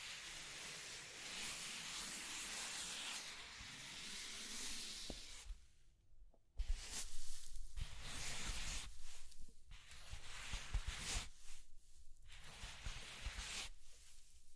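Scratching and tracing sounds: a steady hissy rasp for five seconds, a short pause, then bursts of scratching stopping and starting.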